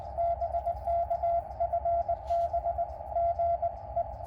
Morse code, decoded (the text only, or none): BK FB GE